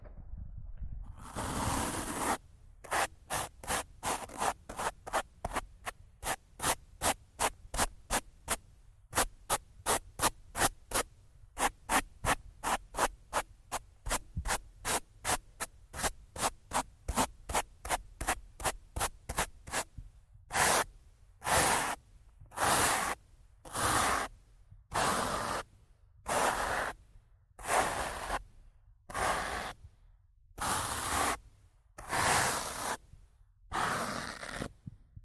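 Rough scratching and brushing against a microphone, starting with a brief heavy scrape, then quick, regular strokes a few times per second for about twenty seconds. After that the strokes slow to longer, harsher sweeps about once a second, with short silences between.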